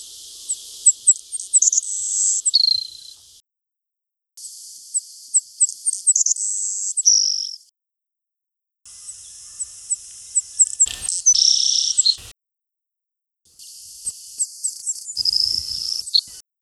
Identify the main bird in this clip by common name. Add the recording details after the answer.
Savannah Sparrow. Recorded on Kent Island, New Brunswick, in 1988-1989